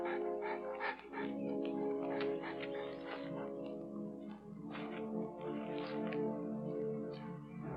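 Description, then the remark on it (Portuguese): A dog barks in short, sharp bursts between high, whining whimpers, over a steady tonal hum in the background. “Cachorrinho, isso vai doer muito mais em você do que em mim.”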